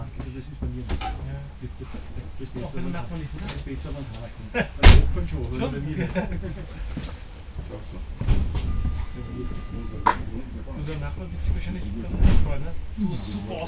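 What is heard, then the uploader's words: A train ride through Vienna, with a steady low rumble underneath people talking throughout. Sharp clacks and thuds break through near 5, 8 and 12 seconds, and a thin steady tone sounds briefly around 9 to 10 seconds. Recorded on a train-ride through Vienna.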